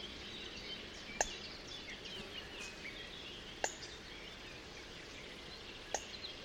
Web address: didier collin foulque macroule